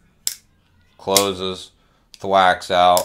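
A titanium-scaled folding knife blade is closed and snaps into its detent with a sharp click at 0.3 s, seating firmly. Afterward someone talks.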